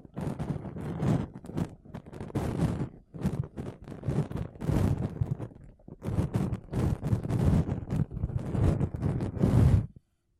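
Makeup brushes and a sponge sweep across a microphone in quick, repeated strokes, each a soft rushing scrape with a heavy low rumble. The strokes come in dense bursts about every half second, with brief pauses near three and six seconds, and stop abruptly at ten seconds.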